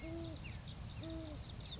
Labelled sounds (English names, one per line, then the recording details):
Great Horned Owl
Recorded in Sonoma County, California